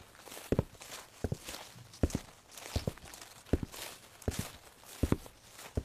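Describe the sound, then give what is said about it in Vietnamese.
Shoes thud along in steady walking footsteps, about two steps per second, each a dull, soft-edged impact over a faint background hiss, with no voices present. “Sau đó là tự nhiên mà vô lý, cái tiếng bước chân của mình, nó là hôm nay mình đi cái giày, mình đi giày nó bịch bịch như thế này.”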